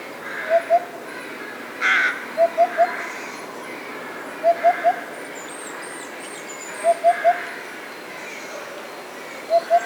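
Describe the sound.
Eurasian hoopoe giving low, hollow hoots of two or three notes at irregular intervals of two to three seconds, with a brief harsher call from another bird near the start.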